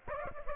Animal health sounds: mosquito wingbeat signal from an infrared sensor; Aedes aegypti

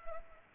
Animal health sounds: mosquito wingbeat signal from an infrared sensor; Culex pipiens

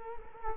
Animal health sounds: mosquito wingbeat signal from an infrared sensor; Culex quinquefasciatus

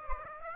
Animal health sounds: mosquito wingbeat signal from an infrared sensor; Aedes aegypti

